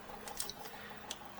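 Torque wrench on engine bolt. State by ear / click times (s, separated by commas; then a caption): torque reached / 1.1 s. A torque wrench set to 80 inch-pounds tightens the first of the small cylinder head or front cover bolts on a 2007 Tacoma engine. A few faint ticks sound around 0.3–0.5 s before the wrench gives a sharp click at 1.1 s. The bolt reaches its set torque.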